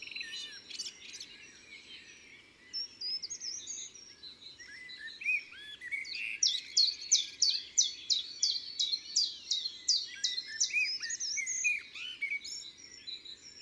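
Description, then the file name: Common chiffchaff singing a steady series of clipped, evenly spaced notes, roughly three each second, after a mix of other birds twittering and whistling. Recorded in woods and forests. "Pouillot veloce Chants doiseaux des bois et des forets"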